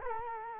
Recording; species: mosquito wingbeat signal from an infrared sensor; Culex quinquefasciatus